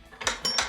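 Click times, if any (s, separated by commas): 0.5 s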